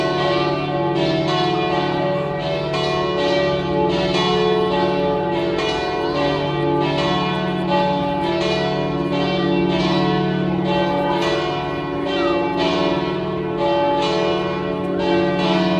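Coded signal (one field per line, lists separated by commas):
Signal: bell signal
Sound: several church bells ringing together in a continuous swinging peal with rich ringing overtones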